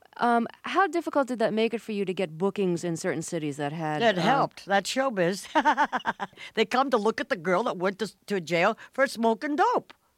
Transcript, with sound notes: How difficult did that make it for you to get bookings in certain cities that had...
That helped. That's showbiz (laughter). They come to look at the girl that went to jail for smoking dope.